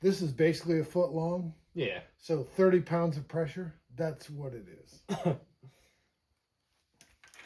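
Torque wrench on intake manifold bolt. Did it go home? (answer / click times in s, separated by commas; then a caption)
no / none. A torque wrench set to about 30 lb is tightening an intake manifold bolt on a 1984 Chevy square body, with a knuckle joint that may be keeping it from clicking. People talk, someone clears their throat around 5.6 s, and faint, brief sounds follow near 7.0 to 7.3 s. The wrench has not clicked yet.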